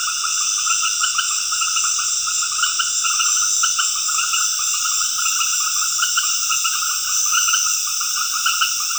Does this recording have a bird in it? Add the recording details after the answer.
no. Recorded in dense forest near Puerto Asís, Putumayo, Colombia, on 13 March 2025 at 19:30. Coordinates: 0.481, -76.323. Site G088